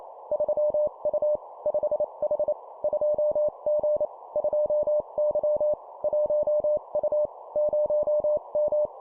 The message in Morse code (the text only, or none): 3U 5H 2G 2Y 1U 0M